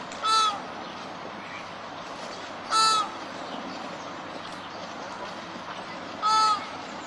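Flamingo honking calls: three short, nasal, goose-like honks spaced two to four seconds apart over a steady background hiss.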